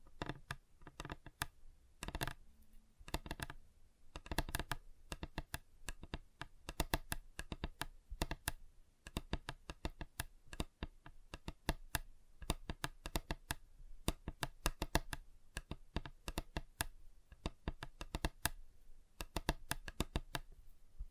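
Fingers tap on a table in quick, uneven bursts, each tap a sharp click with a clacky, keyboard-like quality. The taps come densely throughout, sometimes in rapid flurries and sometimes spaced apart, with brief pauses around three and ten seconds.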